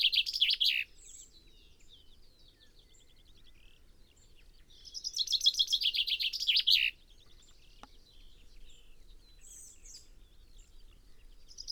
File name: Fringilla coelebs